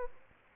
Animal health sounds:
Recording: mosquito wingbeat signal from an infrared sensor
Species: Aedes albopictus

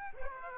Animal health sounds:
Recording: mosquito wingbeat signal from an infrared sensor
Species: Aedes aegypti

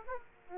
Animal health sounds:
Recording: mosquito wingbeat signal from an infrared sensor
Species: Aedes aegypti

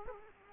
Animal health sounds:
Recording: mosquito wingbeat signal from an infrared sensor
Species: Culex quinquefasciatus

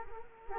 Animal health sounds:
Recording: mosquito wingbeat signal from an infrared sensor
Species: Culex quinquefasciatus

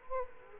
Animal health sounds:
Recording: mosquito wingbeat signal from an infrared sensor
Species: Culex quinquefasciatus

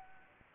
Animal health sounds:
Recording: mosquito wingbeat signal from an infrared sensor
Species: Anopheles arabiensis

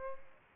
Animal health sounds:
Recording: mosquito wingbeat signal from an infrared sensor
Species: Aedes aegypti

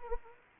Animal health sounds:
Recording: mosquito wingbeat signal from an infrared sensor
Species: Anopheles arabiensis

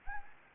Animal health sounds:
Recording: mosquito wingbeat signal from an infrared sensor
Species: Anopheles gambiae

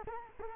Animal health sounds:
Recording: mosquito wingbeat signal from an infrared sensor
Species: Culex quinquefasciatus

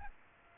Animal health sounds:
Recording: mosquito wingbeat signal from an infrared sensor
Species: Aedes aegypti

